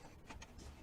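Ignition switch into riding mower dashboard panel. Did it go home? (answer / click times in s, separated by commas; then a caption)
yes / 0.3 s, 0.4 s. A replacement ignition switch is pushed down into its slot in a riding mower's dashboard panel until its plastic side tabs snap into the cut-out slots. Over a low background hum, two short snaps sound at 0.3 and 0.4 seconds. The switch is seated in the dash.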